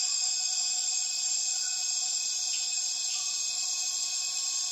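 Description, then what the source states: Massed cicadas buzzing steadily at high pitch, layered whines without pause, with two soft rising chirps from another caller midway. Many cicadas calling at dusk as the afternoon light fades, rainforest in Tawau Hills National Park, Borneo; recorded with Zoom F6 and Lom MikroUsi Pro microphones.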